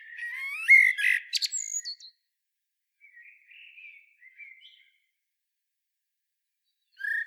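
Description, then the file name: Common blackbird singing a mellow warbled phrase with a high twittering finish, then quiet soft warbles and a pause before the next phrase begins. "Turdus merula"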